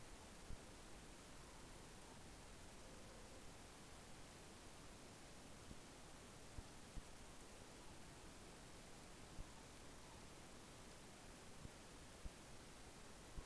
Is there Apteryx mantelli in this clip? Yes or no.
no